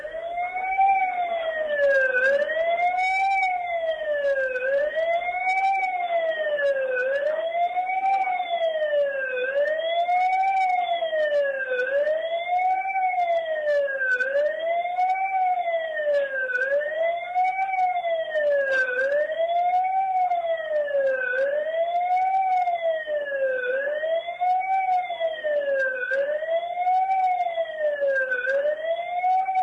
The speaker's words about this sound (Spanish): si continuamos escuchando a los oradores que van a dar cuenta del mensaje, luego del sonido de la sirena y de la suelta de globos negros a cargo de cada uno de los familiares de las víctimas de los 51 muertos de aquel 22 de febrero de este año.